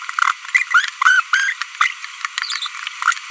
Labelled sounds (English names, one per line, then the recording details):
Green-rumped Parrotlet babbling
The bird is a female
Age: 25 days
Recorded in a nest box in Venezuela
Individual 17B42B1